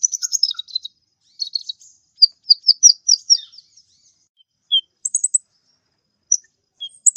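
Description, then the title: Mixed birds trade high buzzy trills and a series of quick, clear chirps, with scattered single notes toward the end. "Burung Campur4"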